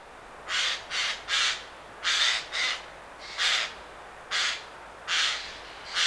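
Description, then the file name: Eurasian jay uttering a string of about nine harsh, noisy screeches, several in quick pairs and triplets, over about six seconds. "Garrulus glandarius"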